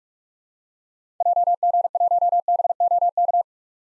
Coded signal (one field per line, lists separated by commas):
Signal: Morse code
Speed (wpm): 46 wpm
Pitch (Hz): 700 Hz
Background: none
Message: JG1BOK